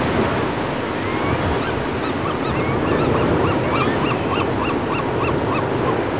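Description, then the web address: Gulls giving several short, rising-falling mewing calls over loud, steady background noise. "gretaj project 01 Sounds 18 gulls"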